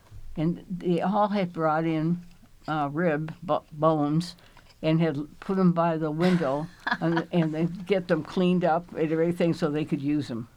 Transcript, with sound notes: They all had brought in rib bones and had put them by the [LAUGHTER] window and they got them cleaned up and everything so they could use them.